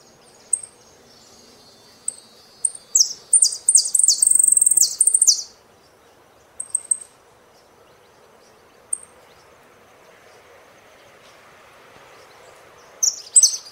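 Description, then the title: Saffron finch song: scattered high chirps build into a dense buzzy trill, followed by isolated thin notes and a final chirp burst. "Jilguero Argentino"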